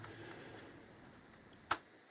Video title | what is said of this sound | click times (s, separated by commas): LBLA Folding Camera Drone Review & Unboxing | locks in place seems nice and sturdy enough | 1.7 s